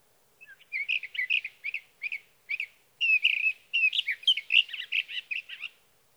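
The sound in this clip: Sage thrasher song beginning with short separated phrases, then breaking into a rapid continuous warble of mixed chirps and whistles.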